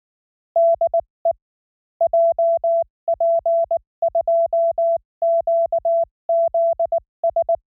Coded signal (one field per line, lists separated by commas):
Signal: Morse code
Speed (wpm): 19 wpm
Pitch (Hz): 670 Hz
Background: none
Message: DE JP2QZS